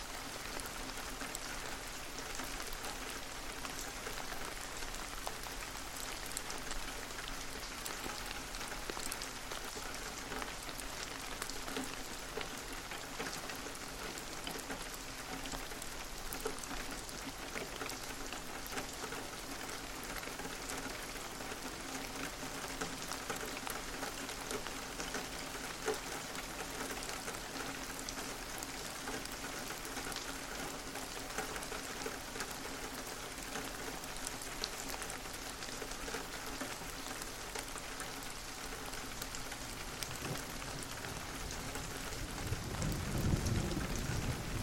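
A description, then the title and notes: Steady, dense rain patters through a forest, bright, with a faint low hum underneath and a deeper rumble swelling near the end. Forest Rain for 10 Hours.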